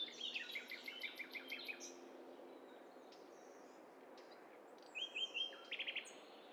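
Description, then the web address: Birds singing together: rapid repeated chirps and whistles from several birds at once, including a fast trill near the end. Many birds singing at once. "Hi Fi STEREO BIRD COCKTAIL PARTY Challenge"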